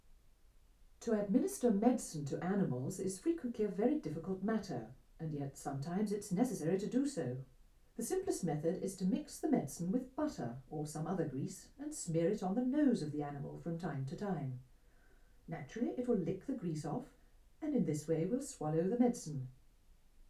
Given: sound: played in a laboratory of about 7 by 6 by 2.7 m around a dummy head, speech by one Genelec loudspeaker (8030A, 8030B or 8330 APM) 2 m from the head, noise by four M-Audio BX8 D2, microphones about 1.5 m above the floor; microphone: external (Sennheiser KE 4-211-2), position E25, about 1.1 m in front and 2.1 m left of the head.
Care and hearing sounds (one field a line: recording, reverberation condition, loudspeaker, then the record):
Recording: female speech in English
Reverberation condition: low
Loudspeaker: in front (0 degrees)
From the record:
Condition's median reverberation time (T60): about 310 ms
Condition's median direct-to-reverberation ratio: about 3.5 dB